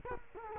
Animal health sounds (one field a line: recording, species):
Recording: mosquito wingbeat signal from an infrared sensor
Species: Culex quinquefasciatus